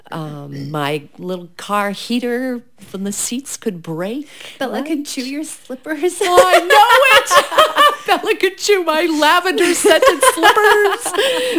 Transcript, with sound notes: My little car heater from the seats could break.
Bella could chew your slippers.
(Laughing) Oh, I know it. Bella could chew my lavender scented slippers.